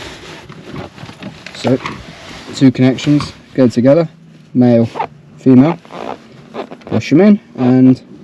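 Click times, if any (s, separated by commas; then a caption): none. A male solar DC connector with a plastic housing is handled next to its female mate on a panel lead to an optimizer, while someone talks over faint background noise and a few small handling ticks. Nothing has seated or clicked yet.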